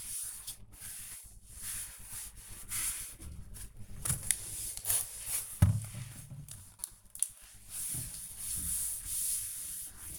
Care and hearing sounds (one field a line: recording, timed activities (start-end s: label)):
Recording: household activities, microphone on the right wrist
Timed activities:
0.00-10.19 s: cleaning door